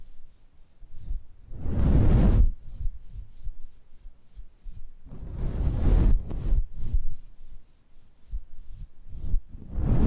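Soft face brushing with slow, swelling strokes, the loudest near two seconds and six seconds, with another building at the very end. The strokes are a low, muffled rubbing. Quiet gaps between them hold faint short flicks and light scratchy touches.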